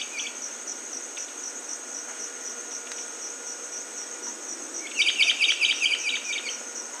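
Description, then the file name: Rondonia bushbird call: after a long stretch of constant high insect drone, a quick, dense chattering run of sharp notes lasting under two seconds. "Rondônia-bushbird"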